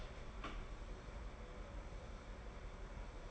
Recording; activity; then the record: daily activity, microphone in the room; open door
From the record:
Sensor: 5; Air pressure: 1015.3 hPa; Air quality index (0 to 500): 216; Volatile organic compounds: 12 ppm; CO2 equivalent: 2341 ppm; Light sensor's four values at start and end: 35/80/32/31 and 35/80/32/31